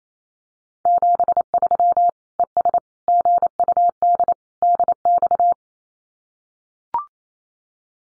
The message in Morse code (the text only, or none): 73 ES GUD DX